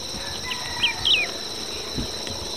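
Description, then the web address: Wedge-tailed Grass-Finch calls, two quick high squeaky notes in the middle against a steady buzzing insect background. Recorded in Ecuador. "Birds of Ecuador Wedge-tailed Grass-Finch"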